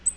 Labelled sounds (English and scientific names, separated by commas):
Black-throated Green Warbler (Setophaga virens) flight call